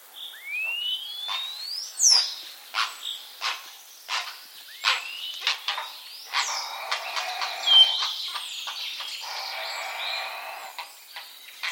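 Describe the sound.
Common starling calling with long rising and falling slurred whistles mixed with dry clicks and sharp ticks, becoming denser and more chattering toward the end.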